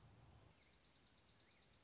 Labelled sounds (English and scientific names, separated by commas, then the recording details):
Dark-eyed Junco (Junco hyemalis)
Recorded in Sonoma County, California